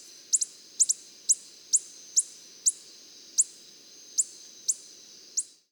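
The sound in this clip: Coppery-headed Emerald calling with high, dry ticking chips, about two a second, some given as quick pairs, over a low steady hiss.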